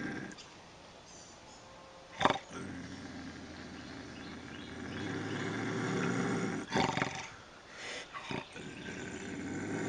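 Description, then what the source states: Bobcat growling low and steadily, broken by a few abrupt hissing bursts. Bobcat howls, hisses and growls.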